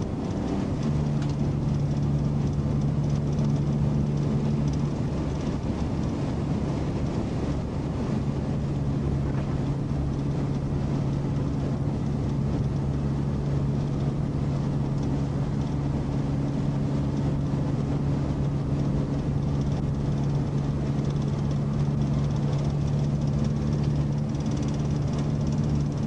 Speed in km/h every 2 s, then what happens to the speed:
142, 142, 138, 138, 138, 138, 138, 138, 138, 138, 142, 142, 142.
0-26 steady at about 138.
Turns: none.